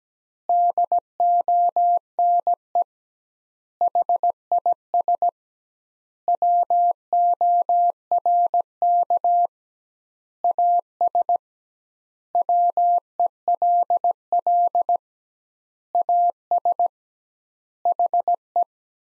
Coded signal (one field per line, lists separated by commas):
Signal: Morse code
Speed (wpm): 17 wpm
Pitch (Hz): 700 Hz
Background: none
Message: DONE HIS WORK AS WELL AS HE